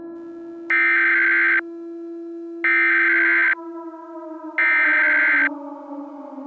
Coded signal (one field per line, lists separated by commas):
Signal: Emergency Alert System (SAME) tones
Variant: header bursts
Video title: stupid cat eas scenario the zach nolan incident eas scenario merowing